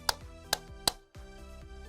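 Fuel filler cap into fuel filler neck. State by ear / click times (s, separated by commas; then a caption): torque reached / 0.1 s, 0.5 s, 0.9 s. A new plastic fuel filler cap is screwed into the fuel filler neck of a 2002 Chevrolet Tracker to rule out the gas cap as the cause of a vacuum leak. Three sharp ratchet clicks sound at 0.1, 0.5 and 0.9 s over a steady tonal hum, which briefly drops out near 1.1 s before returning. The clicks show the cap has been tightened to seal.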